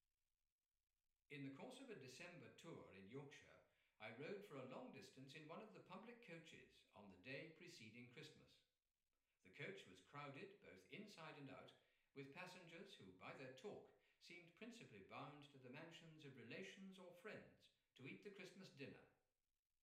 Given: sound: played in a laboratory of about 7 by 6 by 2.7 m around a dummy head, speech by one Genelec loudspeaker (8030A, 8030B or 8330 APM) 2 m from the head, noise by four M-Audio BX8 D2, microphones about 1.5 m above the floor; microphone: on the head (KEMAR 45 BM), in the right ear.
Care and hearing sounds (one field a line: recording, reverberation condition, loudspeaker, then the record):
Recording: male speech in English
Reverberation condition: medium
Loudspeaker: in front (0 degrees)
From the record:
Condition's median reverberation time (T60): about 510 ms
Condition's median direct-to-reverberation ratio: about -0.5 dB